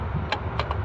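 A replacement belt tensioner on an F350 truck engine is turned by hand against the engine mounting bracket until its two locating notches drop into the holes. Sharp clicks at 0.3, 0.6 and 0.7 seconds stand out over a steady low rumble. The tensioner seats and locks in place.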